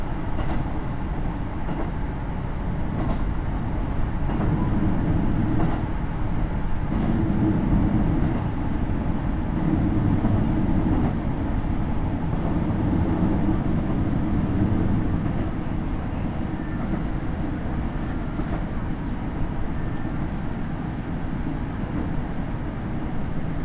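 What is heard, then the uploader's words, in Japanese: A diesel train on the Takayama Line rumbles steadily, its deep engine drone and rail noise constant, with faint clicks and a thin whine above. 高山本線 岐阜→美濃太田（キハ75）。車両はキハ75系で快速みえ号にも使われています。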